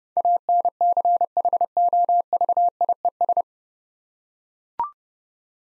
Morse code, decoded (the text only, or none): ANCHOVIES